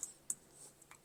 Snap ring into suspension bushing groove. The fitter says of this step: and that's locked into place